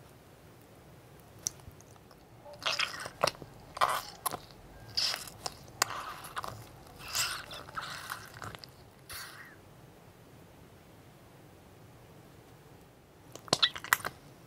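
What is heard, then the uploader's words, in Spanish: Sponge slime being squeezed and pressed, with wet crackling bursts clustered between three and nine seconds, then quiet before a final flurry. Sponge rainbow Slime. Sonidos de slime de esponjas.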